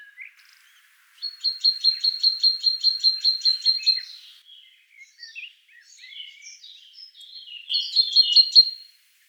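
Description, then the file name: Great tit song: a quick run of high repeated notes, then softer varied twittering, then another brief burst of ringing notes. "Parus major"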